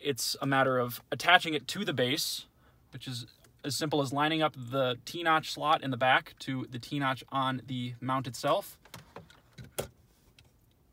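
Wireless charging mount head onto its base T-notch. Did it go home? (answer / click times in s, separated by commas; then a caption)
yes / 9.8 s. Someone talks while lining up the T-notch slot on the back of a PwrUp Qi Gravity wireless charging mount head with the T-notch on its base. The head is pushed down, with a few soft taps as it settles. It gives a sharp snap at 9.8 s and locks in securely.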